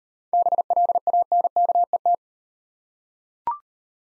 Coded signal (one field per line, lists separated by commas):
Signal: Morse code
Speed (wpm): 40 wpm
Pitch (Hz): 700 Hz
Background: none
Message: BLANKET